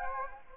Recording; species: mosquito wingbeat signal from an infrared sensor; Anopheles gambiae